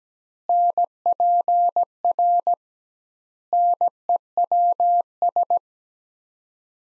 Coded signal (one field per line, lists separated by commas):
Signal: Morse code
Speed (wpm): 17 wpm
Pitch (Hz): 700 Hz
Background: none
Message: NPR NEWS